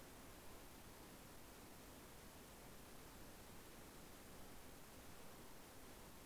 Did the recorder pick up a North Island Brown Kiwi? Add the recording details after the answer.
no. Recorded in New Zealand on 14 February 2013. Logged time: 02:13. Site DH65